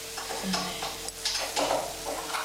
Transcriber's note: clattering noise in background